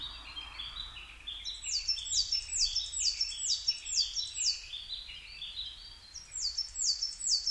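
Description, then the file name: Coal tit song: quick series of high, sliding double notes repeated about twice a second in two runs, over a quieter lower rhythmic phrase. Recorded 22 May 2010 at 17:33. "higara 20100522 1733"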